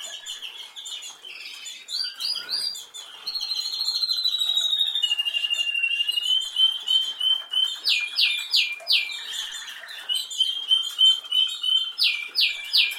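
Canary song, a rapid run of varied high trills and rolls, with fast repeated buzzy phrases and sharp descending note bursts toward the end.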